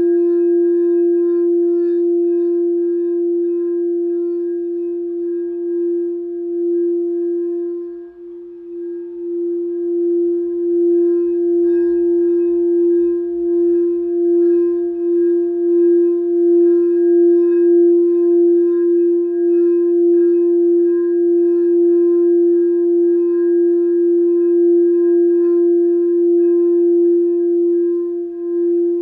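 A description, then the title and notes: A singing bowl rings with a steady, bright tone and faint upper overtones, sustained throughout, with a brief dip near eight seconds. Small clip of my Sound Bowl Healing Session.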